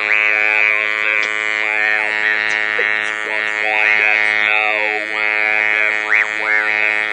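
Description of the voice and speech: Steady mechanical buzz on one flat pitch, shaped into words of a nursery rhyme, typical of electrolarynx speech. The Servox electrolarynx is held in front of the lips rather than pressed against the neck as in normal use.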